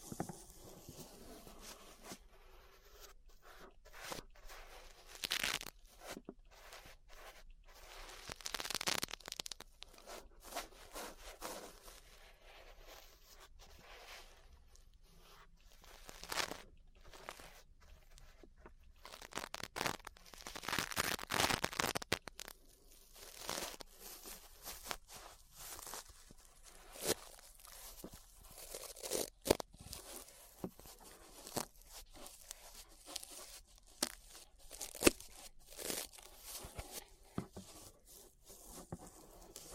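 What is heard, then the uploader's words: Brushing against an ear makes irregular scratchy, rustling strokes in bursts, some longer sweeps around 9, 20 and 29 seconds, with brief quiet gaps. ASMR Relaxing 3Dio Ear Brushing (No Talking).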